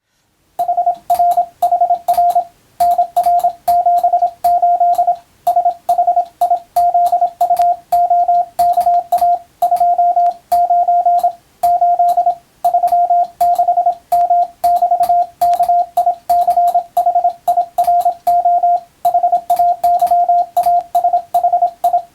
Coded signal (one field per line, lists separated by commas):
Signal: Morse code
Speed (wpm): 27 wpm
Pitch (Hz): 700 Hz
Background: radio noise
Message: HRHR NR78 SHIZUOKA 29 8 36M<BT>KICHIRO HAYASHI